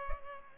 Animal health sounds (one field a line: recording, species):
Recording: mosquito wingbeat signal from an infrared sensor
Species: Culex pipiens